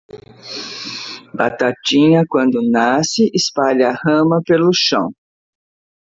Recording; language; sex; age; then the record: short text; Brazilian Portuguese; female; 50 to 59 years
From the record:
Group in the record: control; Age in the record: 57 years